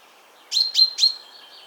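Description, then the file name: Common chaffinch: three loud, sharp notes in quick succession, trailing into a faint high sound. "Fringilla coelebs"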